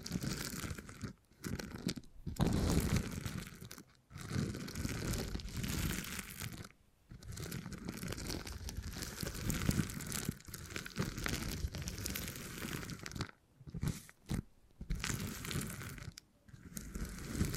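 Beeswax being handled and pressed, giving dense crackling, crunching and crinkling sounds that run almost without pause. Brief silent gaps break the texture near 1, 2, 4 and 7 seconds, and several more cluster between 13 and 15 seconds.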